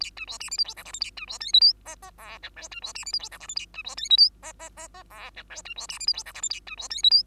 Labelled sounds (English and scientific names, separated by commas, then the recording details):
Bengalese Finch (Lonchura striata domestica) song
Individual Bird2